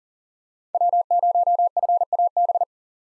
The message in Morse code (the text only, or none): W0FAB